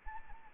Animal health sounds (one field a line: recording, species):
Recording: mosquito wingbeat signal from an infrared sensor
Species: Anopheles arabiensis